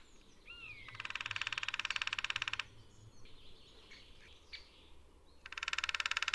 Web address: Hackspett ljud Mindre